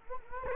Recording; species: mosquito wingbeat signal from an infrared sensor; Culex quinquefasciatus